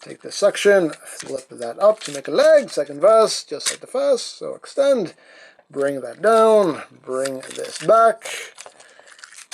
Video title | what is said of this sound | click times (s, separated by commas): G1 BRUTICUS | There we go. They click into place all nice like. | 9.2 s